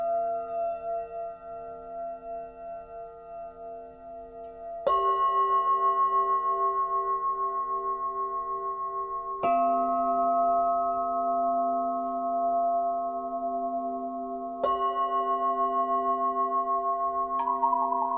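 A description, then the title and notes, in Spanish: Singing bowls ring in long, shimmering tones, struck anew about every five seconds, each strike swelling then slowly fading under a steady pulsing hum. Meditación con cuencos.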